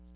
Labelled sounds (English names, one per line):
Magnolia Warbler flight call